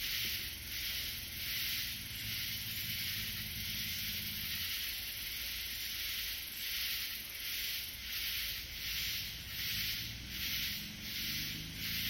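Katydid calling in raspy, high-pitched bursts, each short rasping pulse group repeating a little more than once a second.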